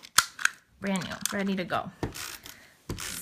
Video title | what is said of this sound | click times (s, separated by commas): Homemade Floral Card Using Stampin’ Up! Heartfelt Blooms Stamp Set | this just snaps right into place | 0.2 s, 0.4 s